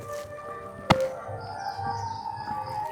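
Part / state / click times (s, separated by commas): replacement light tube into a video light's spring socket / seated / 0.9 s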